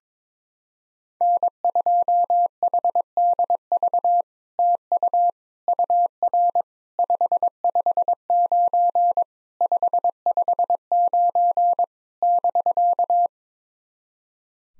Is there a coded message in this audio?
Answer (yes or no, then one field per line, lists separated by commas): yes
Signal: Morse code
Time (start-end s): 1.2-13.3 s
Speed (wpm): 22 wpm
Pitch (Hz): 700 Hz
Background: none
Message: N2HDV TU UR 559 559 <BK>